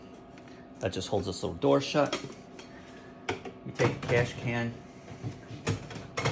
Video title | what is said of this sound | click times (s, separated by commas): Demo double rwb | push it back in you'll hear it click when you hear it click make sure that little lever goes | 5.7 s